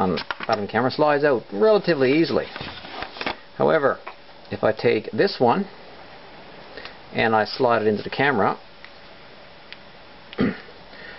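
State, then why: Not seated. A second mount plate is pushed into an ION Air Pro sport camera with a lot of force while someone talks, and short scraping and tapping sounds come between the speech. The plate is not snapping into place, so nothing has clicked or seated yet.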